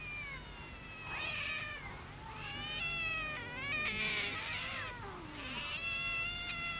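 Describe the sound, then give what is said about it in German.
Seven or eight cats meow and caterwaul at once at a street corner, their long, wavering, overlapping yowls rising and falling in steady waves over a low background hum, with no one speaking. “Eine Katzenversammlung. Eine richtige Versammlung.”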